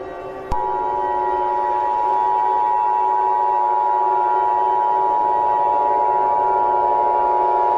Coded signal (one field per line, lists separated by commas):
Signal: Emergency Alert System (SAME) tones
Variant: 853 and 960 Hz attention tone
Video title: An Abundance of Cutie Marks 2: The Return (EAS Scenario)